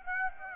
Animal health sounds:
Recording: mosquito wingbeat signal from an infrared sensor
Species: Aedes aegypti

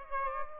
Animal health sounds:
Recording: mosquito wingbeat signal from an infrared sensor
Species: Aedes albopictus

